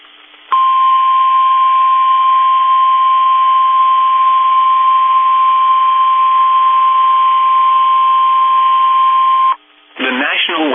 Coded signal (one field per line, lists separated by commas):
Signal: Emergency Alert System (SAME) tones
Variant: 1050 Hz attention tone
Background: speech